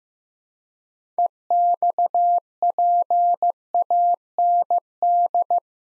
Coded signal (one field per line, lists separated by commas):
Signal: Morse code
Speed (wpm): 15 wpm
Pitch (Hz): 700 Hz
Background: none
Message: EXPAND